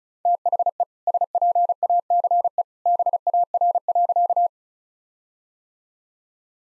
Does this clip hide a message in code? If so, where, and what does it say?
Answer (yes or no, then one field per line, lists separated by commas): yes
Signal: Morse code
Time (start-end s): 0.3-4.5 s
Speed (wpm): 34 wpm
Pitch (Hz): 700 Hz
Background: none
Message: THE SPACE BAR.